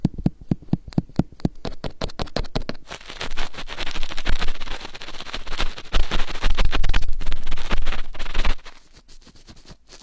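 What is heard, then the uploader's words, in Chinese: Rough, vigorous ear rubbing. It opens with a fast run of sharp scratchy taps, then turns into a dense, continuous rasping scrub with bright hiss from about three to eight and a half seconds, before thinning back into scattered scratches and taps. 暴力搓耳。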